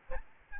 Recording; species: mosquito wingbeat signal from an infrared sensor; Aedes albopictus